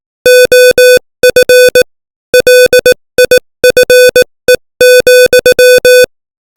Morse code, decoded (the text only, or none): OF LIFE,